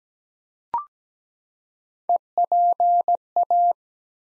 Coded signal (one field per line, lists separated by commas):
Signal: Morse code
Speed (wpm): 17 wpm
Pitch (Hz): 700 Hz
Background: none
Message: EPA